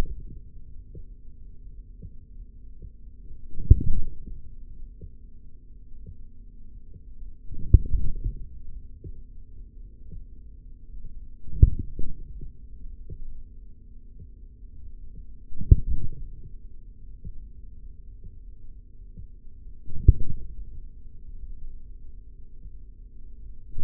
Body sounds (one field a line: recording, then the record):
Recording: forearm muscle sounds (acoustic myography)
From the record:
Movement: forearm pronation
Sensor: system 3, bracelet of six PUI Audio POM-2738L microphones around the upper forearm, with dedicated amplification and filtering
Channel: 4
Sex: male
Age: 43 years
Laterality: right